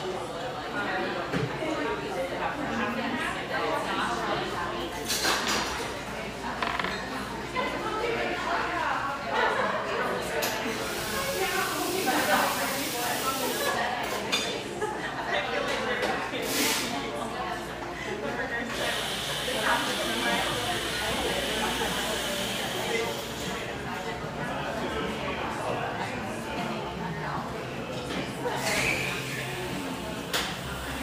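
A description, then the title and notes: Pearl District in Portland, Oregon: a dense, continuous murmur of many overlapping voices fills the whole half-minute at a steady level. Brief hissing bursts cut through around 12 seconds and again from about 19 to 23 seconds, and a low steady hum runs underneath. Pearl District, Portland, Oregon.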